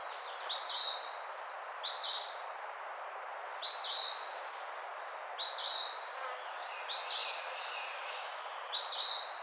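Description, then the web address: Eastern phoebe repeating a short hoarse fee-bee phrase six times over faint steady background hiss. Recorded 16 June 2009. "Eastern Phoebe 2009 06 16"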